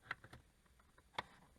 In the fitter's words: you're going to hear it click when you pull it push it back just like this